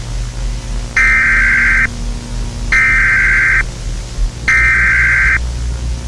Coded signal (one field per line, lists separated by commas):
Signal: Emergency Alert System (SAME) tones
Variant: header bursts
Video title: A very Special VHS EAS Mock: nuclear bombs ￼ from Spain